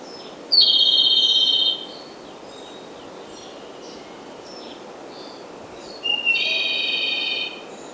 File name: j robin